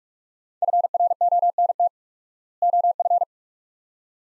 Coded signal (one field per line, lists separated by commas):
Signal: Morse code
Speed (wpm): 46 wpm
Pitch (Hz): 700 Hz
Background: none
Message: FRONT OF